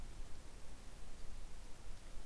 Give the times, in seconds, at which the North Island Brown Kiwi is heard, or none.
none